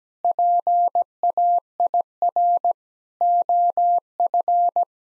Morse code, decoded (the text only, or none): PAIR OF